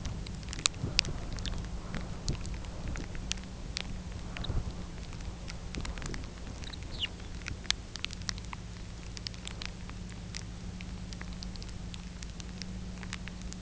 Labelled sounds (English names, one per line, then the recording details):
Lapland Longspur
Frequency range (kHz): Lapland Longspur 0.9-5.2 kHz
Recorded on Arctic tundra, site UTQI-5, on 13 June 2019
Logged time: 18:00